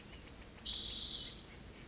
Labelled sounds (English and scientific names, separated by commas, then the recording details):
Spotted Towhee (Pipilo maculatus)
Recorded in Sonoma County, California